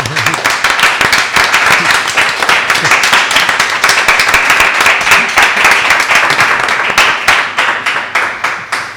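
A crowd applauds steadily with dense, loud clapping that holds for several seconds, then thins out toward the end as individual claps become more distinct.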